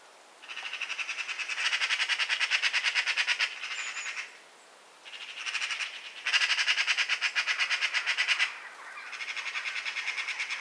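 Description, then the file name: Eurasian magpie giving long, rapid, machine-gun-like rattling chatter in extended runs separated by brief pauses. "Pica pica"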